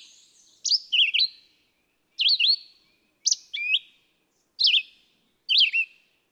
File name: Red-eyed Vireo